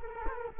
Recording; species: mosquito wingbeat signal from an infrared sensor; Culex quinquefasciatus